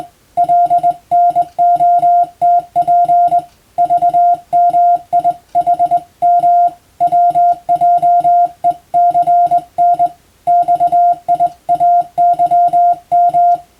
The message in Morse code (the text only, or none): LNOTP VMIHM WJECN XIAYM